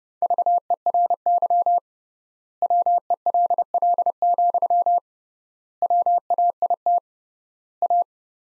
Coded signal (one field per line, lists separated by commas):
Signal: Morse code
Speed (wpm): 30 wpm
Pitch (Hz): 700 Hz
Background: none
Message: VERY WELL, WAIT A